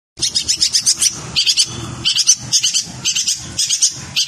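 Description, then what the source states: Long-tailed shrike song, bursts of rapid harsh chattering and scratchy high notes repeated in short phrases with brief pauses, faint low rumbling underneath. Described as 'kombinasi' (combination).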